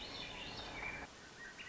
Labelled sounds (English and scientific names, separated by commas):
Swainson's Thrush (Catharus ustulatus)